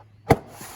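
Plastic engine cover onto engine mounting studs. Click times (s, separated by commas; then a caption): 0.3 s. A plastic engine cover with greased grommets on a 2009 Toyota Corolla S is lined up over the engine mounting studs and pushed down, finishing a variable valve timing solenoid replacement. A single sharp snap is heard at 0.3 s as the cover seats onto its mounts, followed by quiet. The cover is confirmed snapped into place.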